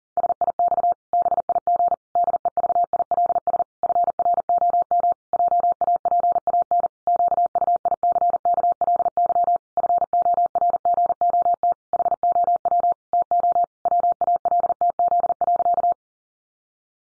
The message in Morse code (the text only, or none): SIX BIG DEVILS FROM JAPAN QUICKLY FORGOT HOW TO WALTZ.